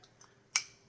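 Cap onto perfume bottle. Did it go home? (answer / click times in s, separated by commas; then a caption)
yes / 0.6 s. The cap is fitted back onto an Azzaro Chrome Aqua glass perfume bottle with aqua stained-glass styling. After two faint ticks near 0.0 and 0.2 seconds, it snaps on with one sharp, bright click at 0.6 seconds that rings briefly. The cap is seated and clicks into place, though it comes off too easily.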